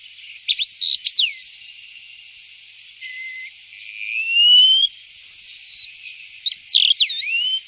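Bird calls: quick sharp chirps opening, then a long upslurred whistle and a level sliding note, ending in a burst of rapid twisting chirps.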